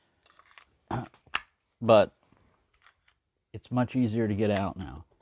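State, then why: Not seated. A fixed-blade neck knife, its handle carved down to reduce retention, is handled at its Kydex sheath while someone talks, with faint light ticks and taps between the words. Nothing has seated or clicked yet; the clip ends just before the knife goes home.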